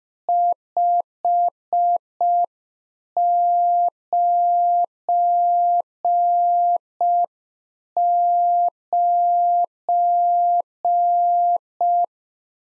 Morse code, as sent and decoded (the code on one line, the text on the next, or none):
..... ----. ----.
599